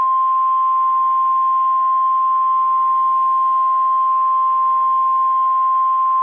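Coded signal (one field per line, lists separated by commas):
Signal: Emergency Alert System (SAME) tones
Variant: 1050 Hz attention tone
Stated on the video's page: Fictional, hypothetical scenario alert for an Atlantic earthquake and tsunami, made for entertainment.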